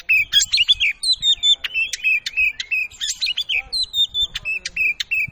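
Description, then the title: Oriental magpie-robin song, a fast run of sharp chirps and bright whistled notes near the same pitch, repeated rapidly with short gaps throughout. Song used to provoke male Oriental magpie-robins (kacer) into fighting and quickly make them agitated. "Kacer Langsung Tarung Konslet KACER NGOTOT FULL TEMBAKAN. Pancingan Kacer Agar Cepat Emosi Langsung Bukor Tarung"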